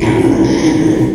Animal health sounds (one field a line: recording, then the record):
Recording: squeal of a Yucatan mini pig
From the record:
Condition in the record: before surgery on the right vocal fold (resection and tissue-engineered implant)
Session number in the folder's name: 1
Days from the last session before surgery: -3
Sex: male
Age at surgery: 12 weeks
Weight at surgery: 13 kg